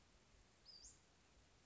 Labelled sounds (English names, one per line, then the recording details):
Western Flycatcher
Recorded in Sonoma County, California